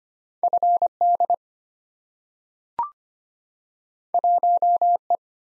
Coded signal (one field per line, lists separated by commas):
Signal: Morse code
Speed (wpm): 25 wpm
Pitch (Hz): 700 Hz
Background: none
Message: FD 1E